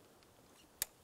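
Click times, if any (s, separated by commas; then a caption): 0.8 s. An engine air intake tube on a 2012–2019 Ford Explorer is pressed into its engine-bay quick-connect fitting during a thermostat and housing replacement. After near silence and a faint tick at 0.2 s, one sharp, light click at 0.8 s marks the tube seating in its fitting.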